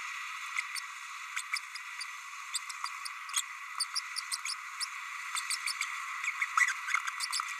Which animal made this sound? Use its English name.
Green-rumped Parrotlet